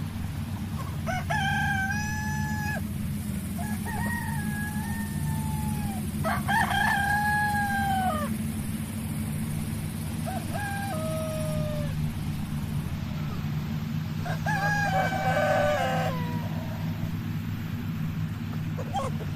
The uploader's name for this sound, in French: A la ferme avec ses animaux